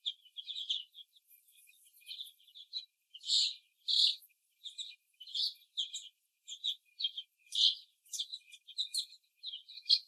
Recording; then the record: young laying hens in a cage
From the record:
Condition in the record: before the stressor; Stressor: simulated dog barking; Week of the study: 1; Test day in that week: 2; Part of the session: 3